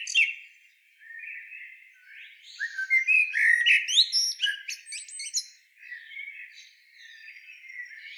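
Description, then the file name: Common blackbird song, soft low warbling building into a louder burst of fluted notes and sharp high twitters, then fading back to quieter mellow phrases. "Turdus merula"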